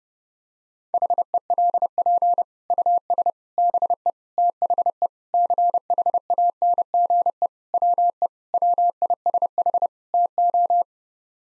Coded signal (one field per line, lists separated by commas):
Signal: Morse code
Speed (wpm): 32 wpm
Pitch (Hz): 700 Hz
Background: none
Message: HELP US BE THE CHANGE WE WISH TO